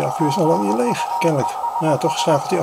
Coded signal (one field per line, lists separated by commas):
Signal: Morse code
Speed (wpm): 20 wpm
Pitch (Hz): 940 Hz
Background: speech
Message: GUESS